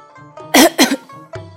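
Two sharp, dry coughs burst out in quick succession, loud and harsh, followed by a brief rough vocal sound at the end, from a man in a hot spring after being pulled under the water.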